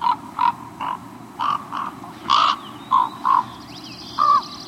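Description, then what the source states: Common Raven giving several short, soft, knocking, gurgling notes, irregularly spaced. Ravens probably mate for life.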